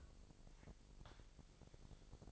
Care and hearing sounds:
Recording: daily activity, microphone in the room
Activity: take from stove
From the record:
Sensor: 5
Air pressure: 999.5 hPa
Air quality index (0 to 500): 219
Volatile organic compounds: 20 ppm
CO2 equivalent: 2676 ppm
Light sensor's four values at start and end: 30/68/28/28 and 32/72/29/28

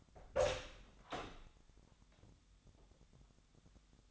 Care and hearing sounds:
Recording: daily activity, microphone in the room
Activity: open door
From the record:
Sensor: 3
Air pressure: 1007.1 hPa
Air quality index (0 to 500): 204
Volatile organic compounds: 18 ppm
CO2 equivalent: 2616 ppm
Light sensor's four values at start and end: 12/28/12/11 and 12/28/12/12

